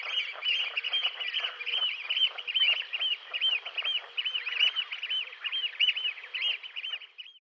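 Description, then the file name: Eurasian oystercatcher piping, with dense, rapid shrill notes running throughout, uneven in rhythm. "scholekster"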